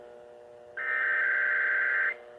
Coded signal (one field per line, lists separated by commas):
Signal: Emergency Alert System (SAME) tones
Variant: header bursts